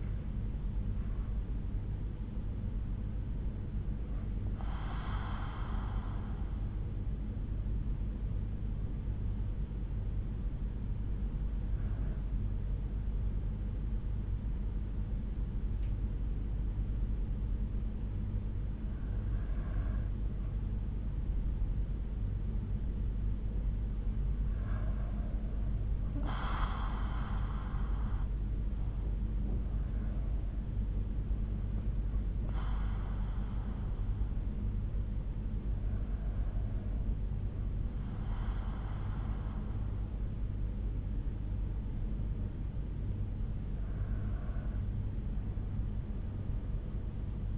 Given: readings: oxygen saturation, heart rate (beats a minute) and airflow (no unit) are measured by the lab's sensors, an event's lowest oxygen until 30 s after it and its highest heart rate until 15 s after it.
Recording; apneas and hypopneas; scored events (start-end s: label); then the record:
breathing in sleep by a smartphone at the bedside; 1
9.00-29.10 s: hypopnea (N2, oxygen 94% highest, then 92% lowest, heart rate 62 at the start, 65 highest)
22.00-47.58 s: new sleep stage, N1 (lightest sleep)
From the record:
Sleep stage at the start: N2 (light sleep); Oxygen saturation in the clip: 92 to 94%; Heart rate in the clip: 60 to 66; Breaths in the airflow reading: 7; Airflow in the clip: -5.9 to 5.8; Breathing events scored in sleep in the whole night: 368 in 8.0 hours asleep